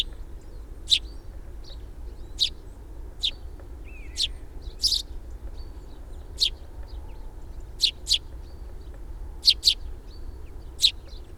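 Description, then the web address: Sparrow calls, sharp single and paired chirps at irregular intervals, with one brief slurred note and a low rumble behind. "fugl s-spurv"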